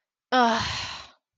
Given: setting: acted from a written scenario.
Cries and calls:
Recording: vocal sound without words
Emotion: shame

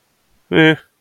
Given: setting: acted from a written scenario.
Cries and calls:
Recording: vocal sound without words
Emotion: neutral

